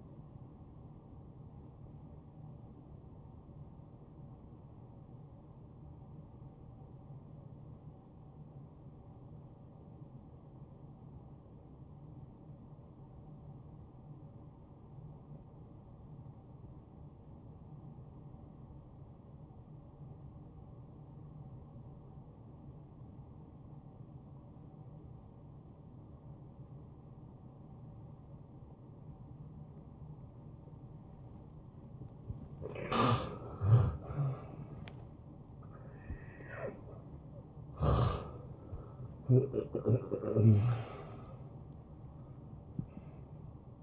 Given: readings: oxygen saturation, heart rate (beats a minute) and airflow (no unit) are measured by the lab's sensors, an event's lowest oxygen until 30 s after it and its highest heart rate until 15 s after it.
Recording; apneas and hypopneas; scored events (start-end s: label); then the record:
breathing in sleep by a smartphone at the bedside; 1
6.00-32.70 s: obstructive apnea (N1, oxygen 91% highest, then 81% lowest, heart rate 59 at the start, 76 highest)
From the record:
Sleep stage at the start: N1 (lightest sleep); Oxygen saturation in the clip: 84 to 91%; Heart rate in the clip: 51 to 75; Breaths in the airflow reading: 2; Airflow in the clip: -17.6 to 7.1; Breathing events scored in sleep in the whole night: 263 in 5.5 hours asleep